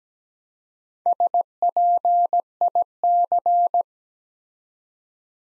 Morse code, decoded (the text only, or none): SPIC